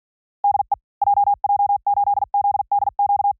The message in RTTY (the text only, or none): none